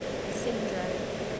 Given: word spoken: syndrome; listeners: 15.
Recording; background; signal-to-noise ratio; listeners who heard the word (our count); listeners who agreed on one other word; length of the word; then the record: one English word in noise, from a listening test; speech-shaped noise; -4.1 dB; 4 of 15; 7 of 15; 1.00 s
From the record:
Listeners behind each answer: 7, 4, 2, 1, 1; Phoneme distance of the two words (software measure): 21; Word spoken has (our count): 2 syllables, 7 phonemes, stress on syllable 1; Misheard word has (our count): 2 syllables, 6 phonemes, stress on syllable 1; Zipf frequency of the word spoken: 3.72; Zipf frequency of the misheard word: 2.58